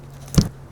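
Rear differential breather tubing on a 5th gen 4Runner is pushed firmly by hand into a push-to-connect fitting on the breather manifold block, taking a good amount of force. Over a low steady hum, a faint scrape at 0.3 s is followed by a sharp pop or thud at 0.4 s. The tubing seats and locks in place, staying put when pulled.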